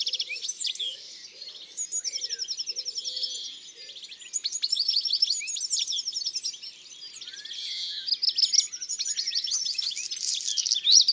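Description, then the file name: European greenfinch song: rapid twittering trills and chirps mixed with drawn-out buzzy wheezes, running almost without pause. "Verdier-d Europe-ABC-des-chants-doiseaux"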